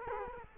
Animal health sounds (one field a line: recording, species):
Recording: mosquito wingbeat signal from an infrared sensor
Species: Culex quinquefasciatus